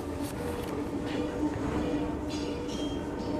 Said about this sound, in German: Ich fuhr mit der U-Bahn nach Hause und konnte es nicht abwarten, dein Tagebuch zu lesen.